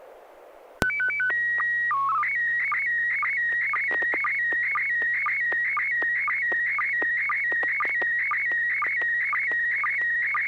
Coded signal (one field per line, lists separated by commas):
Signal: SSTV (slow-scan television)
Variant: PD 120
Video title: N6NA SSTV Net - 03/24/2021